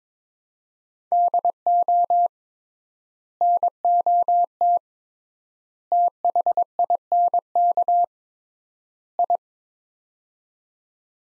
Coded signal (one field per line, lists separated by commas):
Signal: Morse code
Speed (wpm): 21 wpm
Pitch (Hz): 700 Hz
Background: none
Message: DO NOT THINK I